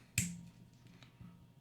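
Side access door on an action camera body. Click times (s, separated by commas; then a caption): 0.2 s. The small side access door on an Insta360 Ace Pro action camera body is opened, and its latch releases with a sharp snap at 0.2 s. Two faint ticks follow at 0.9 s and 1.0 s, leaving the door unlatched and open.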